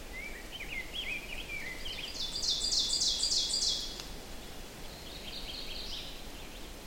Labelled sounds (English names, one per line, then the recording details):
Ovenbird song
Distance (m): 25 m
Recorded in boreal forest in Alberta, Canada, on 4 June 2016 at 06:50
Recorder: SongMeter 3, array SBT-3-51
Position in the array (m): 218 m, 12 m
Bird 27